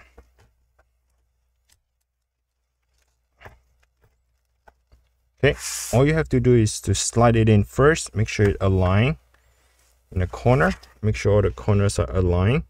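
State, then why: Not seated. A connector cover for the display cable on the logic board of a MacBook Pro 16 A2141 is slid into position and lined up in the corners before being pressed down. Only faint handling taps are heard over the first few seconds, then someone talks. Nothing has seated or clicked yet.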